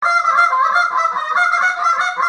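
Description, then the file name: Goose honking without a break: nasal honks at a fairly even pitch, with loudness rising and falling slightly. "wildlife Goose"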